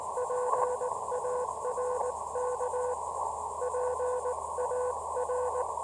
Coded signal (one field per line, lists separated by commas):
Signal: Morse code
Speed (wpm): 19 wpm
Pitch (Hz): 500 Hz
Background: none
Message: PARK PAR